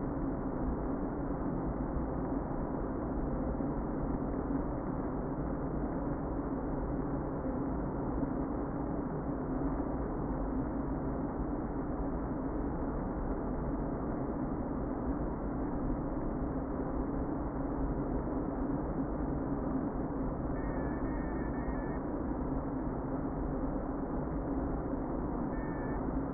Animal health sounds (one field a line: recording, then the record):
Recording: honeybee colony, microphone inside the hive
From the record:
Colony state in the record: queen present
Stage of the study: before two queens were removed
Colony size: about 60,000 bees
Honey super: yes